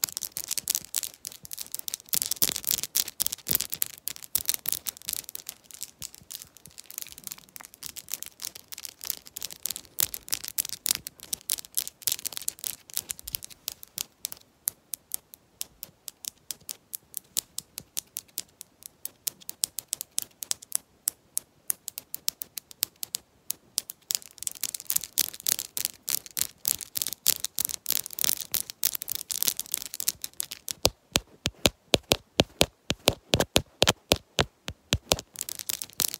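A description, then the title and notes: Long nails tap quickly on a lens, a dense run of sharp, bright clicks with a light scratchy edge between strikes. The pace loosens into sparser, crisper taps through the middle, then tightens into a very rapid burst over the last few seconds. ASMR Fast Nail & Lens Tapping w Long Nails.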